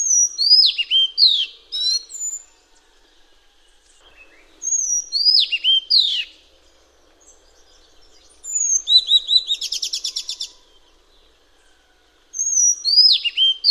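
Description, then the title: Madagascar magpie-robin singing repeated phrases every few seconds: a high clear whistle followed by sharp downslurred notes, with one phrase made of a quick buzzy trill. "suara burung kacer madagaskar"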